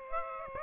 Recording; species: mosquito wingbeat signal from an infrared sensor; Aedes aegypti